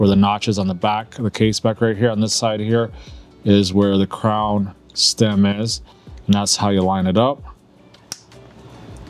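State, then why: Seated. Someone talks while a snap-on case back is lined up with the notch at the crown stem of a metal quartz watch case and pressed on. A sharp snap at 8.1 s shows the case back has seated.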